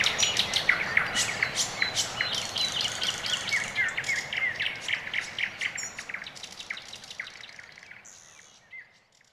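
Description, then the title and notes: Bird chorus of quick, bright chirps and twitters packed closely together, the calls thinning and fading away over the final two seconds. Quiet early morning in Orekhovo-Borisovo Severnoye district, Moscow, Russia; recorded with Sony ECM-MS2 microphone into Marantz PMD-661; processed with iZotope RX II (EQ, gain). "район Орехово-Борисово Северное, Москва, Россия - Morning birds. Quiet early morning"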